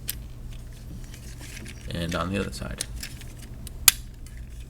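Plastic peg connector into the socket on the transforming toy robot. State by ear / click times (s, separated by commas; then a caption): seated / 3.9 s. Someone talks while handling a Transformers Combiner Wars Deluxe Class Rook transforming toy robot. At 3.9 s, a plastic peg connector on the other side of the robot is pushed into its socket and seats with a sharp plastic snap. The result is a very solid connection.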